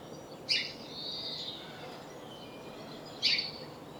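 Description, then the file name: House sparrow chirps, two sharp notes about three seconds apart, with a soft drawn-out note between them. "Passer domesticus"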